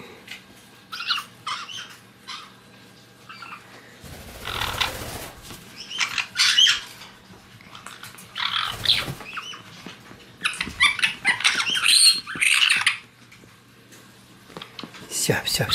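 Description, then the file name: White-bellied caique chick giving harsh, scratchy squawks and chatter in irregular bursts, some shrill high notes, with quiet gaps between outbursts. A young chick that has become playful. "ptenec ryzegolovogo kaika razygralsya"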